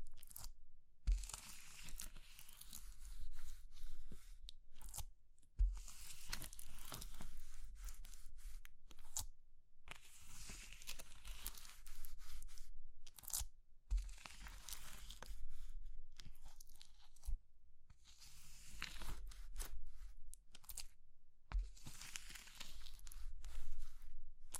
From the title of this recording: Crushing Triggers Soap, Chalk, Meringue, Pastel